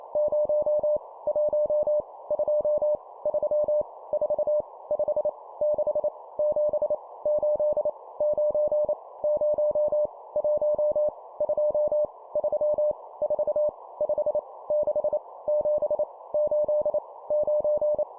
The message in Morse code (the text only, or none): 0 1 2 3 4 5 6 7 8 9 0 1 2 3 4 5 6 7 8 9